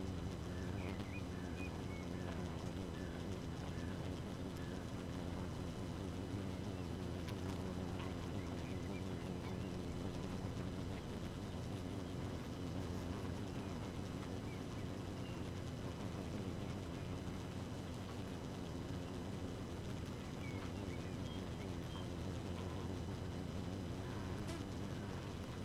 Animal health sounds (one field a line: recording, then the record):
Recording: honeybee colony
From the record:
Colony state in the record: active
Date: 12 June 2018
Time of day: 2:52